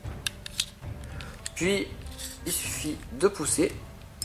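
A cosplay crossbow bolt is handled and pushed along its slot toward the notch while someone talks, with light scraping and small ticks of plastic-like handling. The bolt has not yet snapped into the notch, and nothing has seated or clicked by the end of the clip.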